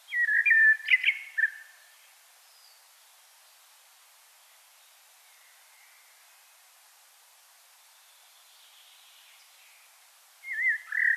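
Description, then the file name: Common blackbird song, a mellow fluted phrase with a scratchy high end, then a long quiet stretch with faint notes before another phrase starts. "Turdus merula"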